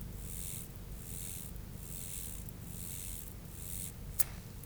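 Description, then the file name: Mottled grasshopper song: soft, hissing high-pitched bursts repeated several times, over a low background rumble. "Myrmeleotettix maculatus"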